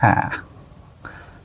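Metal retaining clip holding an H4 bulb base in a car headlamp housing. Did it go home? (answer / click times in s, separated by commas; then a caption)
yes / 1.1 s. A metal spring retaining clip is pressed to lock an LED H4 bulb's base back in place in a car headlamp housing. Someone talks briefly at the start, then a short, sharp click is heard at 1.1 s as the clip latches. The bulb base is confirmed locked back properly.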